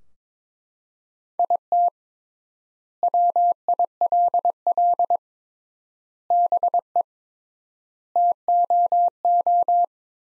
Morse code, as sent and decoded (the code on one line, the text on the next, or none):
.. - / .-- .. .-.. .-.. / -... . / - --- ---
IT WILL BE TOO